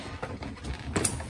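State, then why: Seated. A fold-out entry assist handle at the door of a 2019 Wildwood 36BHDS travel trailer is swung up 90 degrees and out until it locks into position. A few faint creaks and knocks from the moving mechanism come first, then two sharp mechanical clicks at 1.0 s and 1.1 s. The handle locks into place.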